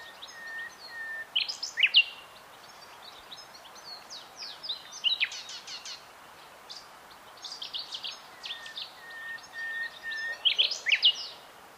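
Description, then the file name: Common nightingale delivering varied song throughout: clusters of sharp chirps and steep sweeps, with brief low steady whistles in between and short gaps between phrases. "Luscinia megarhynchos"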